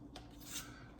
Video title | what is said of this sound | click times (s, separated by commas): Carolina Diggers - The Minelab Vanquish 540 Pro Pack Review | like I said, that locks. | 0.2 s